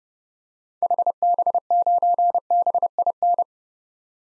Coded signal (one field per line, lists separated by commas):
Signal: Morse code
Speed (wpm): 30 wpm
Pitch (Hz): 700 Hz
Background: none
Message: HB9BIN